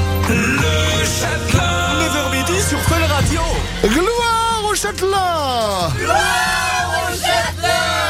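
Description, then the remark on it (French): An audience shouts and cheers loudly and continuously, many voices yelling together in rising and falling whoops, with a steady low hum running underneath throughout. “Oh, vous avez crié plus fort qu'hier, c'est canon ça.”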